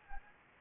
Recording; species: mosquito wingbeat signal from an infrared sensor; Anopheles arabiensis